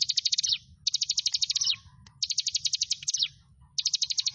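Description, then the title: Bar-winged prinia singing four rapid, high trilled phrases that fall a little at the end, with short silent gaps between them. "Ciblek Sawah"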